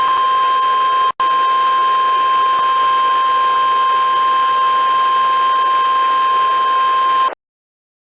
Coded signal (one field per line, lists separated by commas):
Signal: Emergency Alert System (SAME) tones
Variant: 1050 Hz attention tone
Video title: A Shortened Weekly Thursday (EAS #10246-10248) 3/16/23